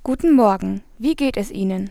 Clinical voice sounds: spoken sentence; German; female; 20 to 29 years; 1; 1; 0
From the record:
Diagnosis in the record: healthy voice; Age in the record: 21 years

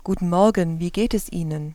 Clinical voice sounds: spoken sentence; German; female; 30 to 39 years; 0; 0; 0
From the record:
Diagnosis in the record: healthy voice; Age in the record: 38 years

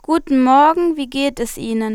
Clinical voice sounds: spoken sentence; German; female; 20 to 29 years; 0; 0; 0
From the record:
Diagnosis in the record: healthy voice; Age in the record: 20 years

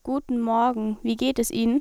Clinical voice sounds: spoken sentence; German; female; 18 to 19 years; 0; 0; 0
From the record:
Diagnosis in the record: hyperfunctional dysphonia, dysodia (singing voice disorder); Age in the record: 18 years

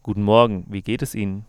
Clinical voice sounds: spoken sentence; German; male; 20 to 29 years; 0; 0; 0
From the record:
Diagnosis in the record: healthy voice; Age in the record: 29 years

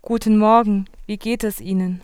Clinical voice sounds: spoken sentence; German; female; 20 to 29 years; 0; 0; 0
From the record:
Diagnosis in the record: healthy voice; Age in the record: 21 years

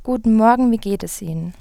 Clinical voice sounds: spoken sentence; German; female; 18 to 19 years; 0; 0; 0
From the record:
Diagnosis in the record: healthy voice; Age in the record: 19 years

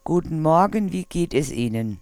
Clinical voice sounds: spoken sentence; German; female; 50 to 59 years; 2; 2; 2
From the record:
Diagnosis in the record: Reinke's edema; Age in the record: 52 years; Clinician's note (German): Zustand nach Ödemabtragung, rezidiv beidseitig

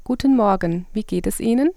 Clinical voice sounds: spoken sentence; German; female; 20 to 29 years; 0; 0; 0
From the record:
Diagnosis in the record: dysodia (singing voice disorder); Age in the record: 28 years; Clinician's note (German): Leichte ponogene Tendenz zur Hyperfunktion, enge Artikulation

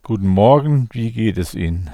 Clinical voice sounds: spoken sentence; German; male; 60 to 69 years; 2; 2; 1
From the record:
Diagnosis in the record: intubation granuloma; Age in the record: 65 years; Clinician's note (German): Klein, hinteres Drittel links, Stimmlippen soweit o.k.

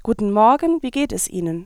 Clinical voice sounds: spoken sentence; German; female; 20 to 29 years; 2; 0; 2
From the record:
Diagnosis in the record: hyperfunctional dysphonia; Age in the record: 29 years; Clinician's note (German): Leichte Form bei ausgebildeter Gesangsstimme

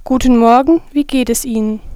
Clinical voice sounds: spoken sentence; German; female; 20 to 29 years; 1; 1; 0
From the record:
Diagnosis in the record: healthy voice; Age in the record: 20 years

